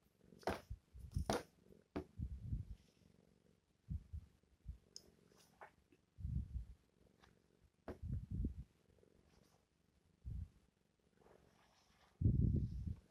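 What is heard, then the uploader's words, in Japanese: A cat relaxing on a lap while being played with using a cat teaser. Low, rumbling bursts of purring come and go throughout, loudest near the end, broken by sharp bright rustles and clicks of the toy, busiest in the first two seconds. 膝の上でくつろぎながら猫じゃらしで”遊んであげてる”猫。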